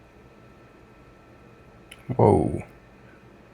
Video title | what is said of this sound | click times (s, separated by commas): iPhone 12 Pro Max Unable to Turn On - Logic Board Repair (DISGUSTING) | Really popped into place there. | 1.9 s